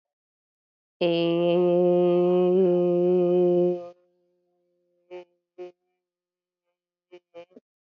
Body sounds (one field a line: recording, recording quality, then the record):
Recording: sustained vowel as in made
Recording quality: excellent, no background noise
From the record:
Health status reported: healthy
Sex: female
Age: 36 years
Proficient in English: yes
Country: India